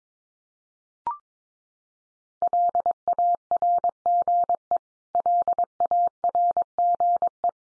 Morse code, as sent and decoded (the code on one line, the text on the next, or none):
.-.. .- .-. --. . / .-.. .- .-. --. .
LARGE LARGE